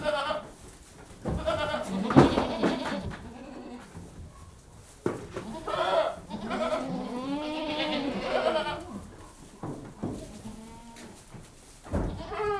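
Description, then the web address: Goats giving wavering bleats, several calls overlapping in bursts around two, six to nine and twelve seconds. Several goats bleating a lot while being fed. "BBC Sound Effects Library. Goats Being Fed - Lots Of"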